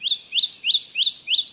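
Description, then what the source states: Kentucky Warbler song: five loud, ringing phrases, each sliding upward then ending in a bright flourish, delivered at a steady, quick pace. Song described as a ringing 'redeep, redeep'.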